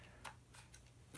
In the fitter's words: in and he push it snaps back into place next